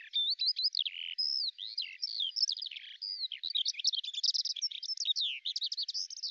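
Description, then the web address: Bird song of quick, jumbled high notes, mixing sweeping whistles, sharp chips and short rattling bursts in a continuous stream. "Deverinetal 2025 File cleaned normalized Bird Al Ar"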